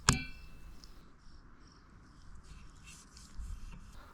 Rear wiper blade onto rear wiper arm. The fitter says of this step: whatever, until you hear an audible click.